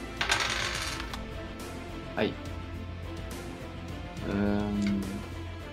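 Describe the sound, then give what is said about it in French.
Dice clatter and rattle across a hard tabletop in a few short, bright bursts, with a brief hum of voices in the background. “C'est pas ces dés là, il y a beaucoup d'échecs.”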